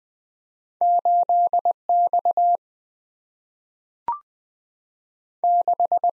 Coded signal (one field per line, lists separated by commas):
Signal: Morse code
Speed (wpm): 20 wpm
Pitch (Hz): 700 Hz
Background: none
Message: 8X 6